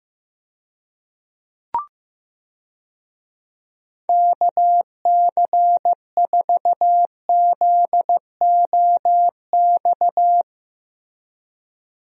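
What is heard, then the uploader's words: A call sign is keyed in Morse code as a steady mid-pitched tone, clipped into quick dots and longer dashes from about four to ten and a half seconds. Before it, near two seconds, there is a single short click, and silence surrounds everything else. USA Call Signs - 6 Characters - 15wpm. First, the call sign is sent in Morse code.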